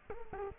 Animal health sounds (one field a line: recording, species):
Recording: mosquito wingbeat signal from an infrared sensor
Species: Culex quinquefasciatus